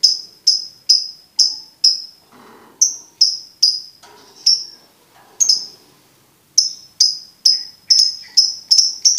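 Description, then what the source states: Lovebird giving sharp, high chirps repeated about twice a second, broken by a few brief pauses before the steady series resumes. Master recording for birds to learn the ngekek song style.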